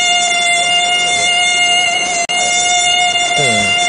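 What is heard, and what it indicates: Simulated tinnitus sound played by a device: a steady high-pitched tone near 700 Hz with a stack of harmonics reaching above 8 kHz, heard over faint background noise. The fifth and last tinnitus sound in the demonstration.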